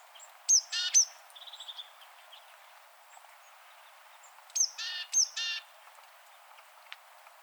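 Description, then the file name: Great tit giving high thin notes followed by rasping churrs, two bursts a few seconds apart, with a brief soft trill after the first. "Parus major"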